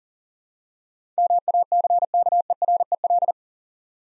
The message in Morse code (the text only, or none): MACKEREL